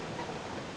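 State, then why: Not seated. An anti-flash outsert lens is pressed around its edge onto the eyepiece of an S10 gas mask (respirator). Only a steady, broadband rushing noise with no distinct transients is heard for about 0.9 seconds. Nothing has seated or clicked yet; the lens is still being handled.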